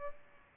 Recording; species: mosquito wingbeat signal from an infrared sensor; Aedes albopictus